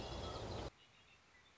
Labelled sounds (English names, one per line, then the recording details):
Red-winged Blackbird
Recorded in Sonoma County, California